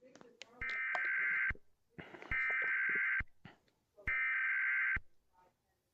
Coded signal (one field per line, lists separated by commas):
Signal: Emergency Alert System (SAME) tones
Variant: header bursts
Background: speech